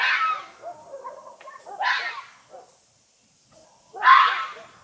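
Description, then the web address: Fox uttering three harsh, breathy screaming calls about two seconds apart, with faint scratchy sounds between them. "animals fox fox"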